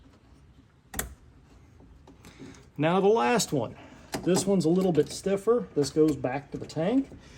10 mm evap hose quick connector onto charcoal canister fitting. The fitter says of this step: Set that on, push it down till you hear a click.